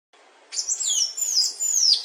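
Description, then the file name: Golden-chevroned tanager song, an unbroken run of thin, high-pitched slurred notes that rise and dip repeatedly for about one and a half seconds. "canto do sanhaco de encontro amarelo"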